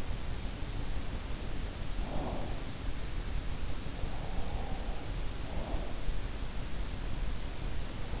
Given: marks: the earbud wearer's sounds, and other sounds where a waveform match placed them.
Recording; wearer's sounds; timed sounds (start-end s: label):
sounds in sleep by an in-ear microphone; breath
1.94-2.61 s: breath
3.91-6.01 s: breath